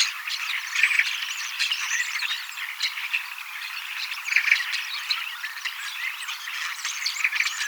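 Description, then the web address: Common starling song, pulsing chatter of rattles, squeaks and short whistles, several birds calling at once. Young starlings singing and practising song, mimicking several other species a little; 18 October 2024. "paivat 18 10 2024 kasittaakseni kottaraisnuoret laulavat lauluharjoittelevat useita lajeja matkivat hiukan"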